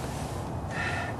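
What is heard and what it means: A suspension component (a control/track arm part) is being fitted into its mount on a car during control arm and track arm work. Steady broadband noise is heard, with a brighter band around 2 kHz after about 0.7 s and no sharp hit. Nothing has seated or clicked yet.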